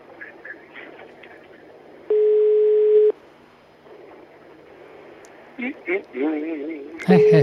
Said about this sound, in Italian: Squilla e non risponde.